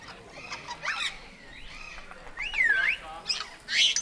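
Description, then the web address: Grey parrot whistling, with soft squawks, a looping whistled note rising and falling, and a loud shrill squawk at the close. At Nyíregyháza Zoo in 2019, in calm surroundings. "jako papagaj nyugiskornyezet nyiregyhaza"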